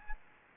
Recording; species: mosquito wingbeat signal from an infrared sensor; Aedes aegypti